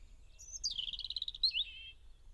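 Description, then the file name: European robin song phrase: a high thin whistle drops into a rapid run of beaded notes, ending with short twisting warbles over faint low rumble. "Erithacus rubecula"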